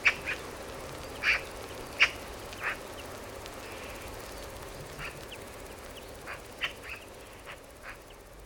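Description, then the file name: Eurasian magpie giving scattered harsh, dry chacking notes, a few louder ones early on and softer ones later, spaced irregularly. "Pica pica"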